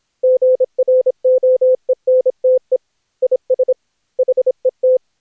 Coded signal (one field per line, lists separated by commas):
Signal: Morse code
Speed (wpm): 26 wpm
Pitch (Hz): 500 Hz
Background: none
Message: GROENTE IS HET